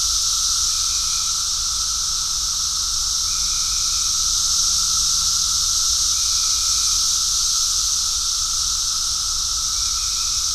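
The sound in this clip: Cicada chorus as a constant high sizzling buzz, level and unchanging, while brief faint tonal notes recur every few seconds over a low rumble.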